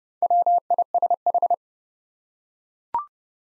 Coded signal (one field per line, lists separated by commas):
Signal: Morse code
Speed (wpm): 31 wpm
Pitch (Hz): 700 Hz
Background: none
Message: WISH